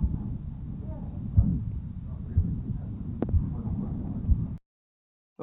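Adult heart heard by stethoscope: regular heartbeats at about 60 a minute, each followed by a long, harsh murmur that fills much of the cycle, with no clear second heart sound. A missing S2 with this murmur indicates severe aortic stenosis.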